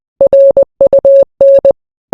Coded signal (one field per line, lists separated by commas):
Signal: Morse code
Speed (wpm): 20 wpm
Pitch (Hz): 550 Hz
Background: none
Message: RUN